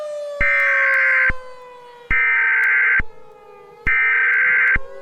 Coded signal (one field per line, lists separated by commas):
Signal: Emergency Alert System (SAME) tones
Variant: header bursts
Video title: EAS EARTH EXPLODES